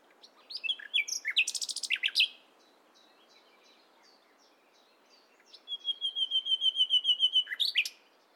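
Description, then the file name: Common nightingale song: a fast chattering phrase, a pause, then a long thin whistled trill ending in a sharp burst. "Luscinia megarhynchos"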